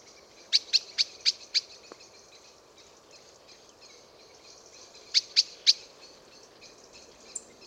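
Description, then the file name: Common blackbird with a rapid string of five clicking chinks, a long pause, then three more sharp notes; a faint high squeak at the end. "Turdus merula"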